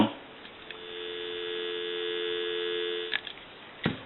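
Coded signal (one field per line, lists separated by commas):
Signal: telephone call progress tone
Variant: North America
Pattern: dial tone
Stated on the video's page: Tone heard on a Western Electric 2554 telephone during initial checkout and repair.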